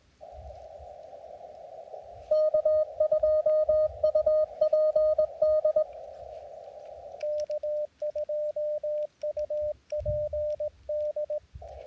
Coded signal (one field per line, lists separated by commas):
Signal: Morse code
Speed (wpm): 18 wpm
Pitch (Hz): 590 Hz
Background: radio noise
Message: K2UPD K2UPD